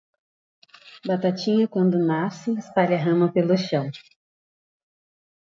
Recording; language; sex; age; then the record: short text; Brazilian Portuguese; female; 40 to 49 years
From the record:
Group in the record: control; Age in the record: 42 years